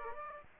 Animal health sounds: mosquito wingbeat signal from an infrared sensor; Aedes aegypti

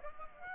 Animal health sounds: mosquito wingbeat signal from an infrared sensor; Aedes aegypti

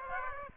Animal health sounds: mosquito wingbeat signal from an infrared sensor; Aedes aegypti

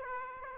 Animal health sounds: mosquito wingbeat signal from an infrared sensor; Aedes aegypti

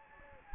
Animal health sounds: mosquito wingbeat signal from an infrared sensor; Anopheles gambiae

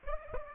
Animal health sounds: mosquito wingbeat signal from an infrared sensor; Aedes aegypti

